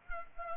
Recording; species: mosquito wingbeat signal from an infrared sensor; Culex pipiens